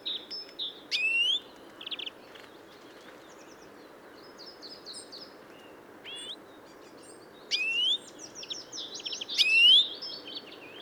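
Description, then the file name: European greenfinch calls: several rising drawn-out notes at irregular intervals, mixed with scattered high twittering chirps and quieter gaps. "Chloris chloris"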